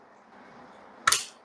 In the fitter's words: 이렇게 하면 또 딱 소리가 났죠네